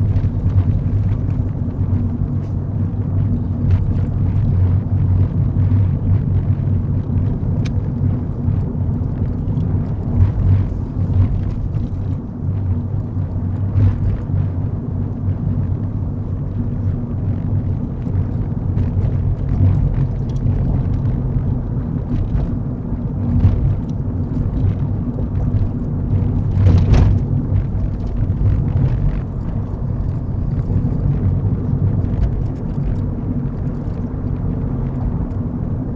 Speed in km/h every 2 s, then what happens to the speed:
39, 39, 37, 37, 39, 35, 37, 39, 40, 44, 44, 44, 42, 42, 40, 45, 47, 45.
0-11 steady at about 37. 11-18 speeds up to 44. 18-28 steady at about 42. 28-32 speeds up to 47.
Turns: none.